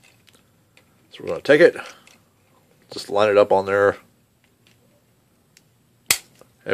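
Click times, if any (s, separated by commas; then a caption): 6.1 s. Someone talks while lining up the plastic connector peg of a Transformers FOC Blast Off robot toy with the small combiner plug socket on the toy arm for Bruticus and pushing it home. A sharp, loud snap at 6.1 s marks the connector seating.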